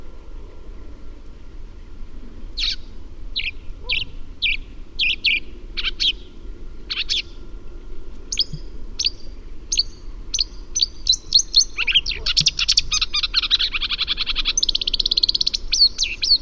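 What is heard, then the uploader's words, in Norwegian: A sedge warbler sings, starting after a couple of seconds with short, bright chirps repeated roughly twice a second. Near the twelve-second mark the song quickens into a dense, rapid chattering run that continues to the end, over a low steady rumble. Lyden av en myrsanger by forskningno.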